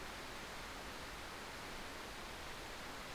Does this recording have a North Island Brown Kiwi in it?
no